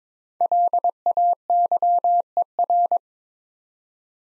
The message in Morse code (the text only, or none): LAYER